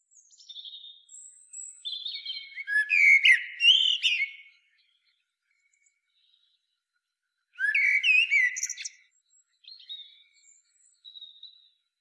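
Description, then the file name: Common blackbird song: low fluted warbling phrases followed by thin high twittering, two phrases separated by a pause of about three seconds. "Turdus merula"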